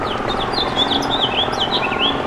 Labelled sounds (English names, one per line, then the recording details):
House Finch song
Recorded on Long Island, New York, on 27 June 2012
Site BE
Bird A